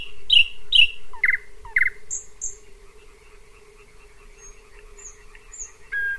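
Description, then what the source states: Thrush Nightingale song with sharp repeated notes, clicks and high whistles, then softer high whistled notes, over a steady background hum. Singing close by around midnight in June, on a dirt road with trees and shrubs among meadows, fields and marshes between Pyzdry and Zagórów, Poland; complex song, varied repertoire, repeated elements.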